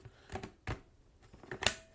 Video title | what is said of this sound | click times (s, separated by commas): Kalado Cordless 4 in 1 Vacuum Cleaner Unboxing and Demo | Snaps in place, and the battery already has power in it, so | 1.7 s